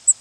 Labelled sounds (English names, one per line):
Cape May Warbler flight call